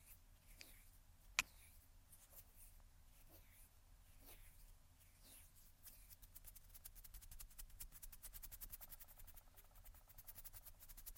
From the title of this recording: Tascam Tapping, Scratching, Finger Fluttering